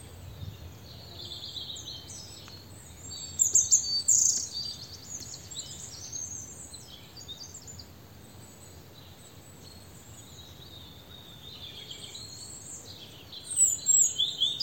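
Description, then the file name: European robin song, a short high twittering phrase near four seconds and another at the end, with faint warbling between and steady background hiss. "Erithacus rubecula"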